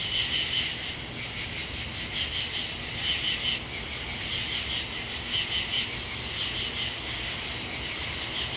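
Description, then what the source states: Katydids calling in a dense chorus, raspy buzzy pulses grouped in short bursts of several, with overlapping insects buzzing steadily behind. Katydids recorded in Pennsylvania.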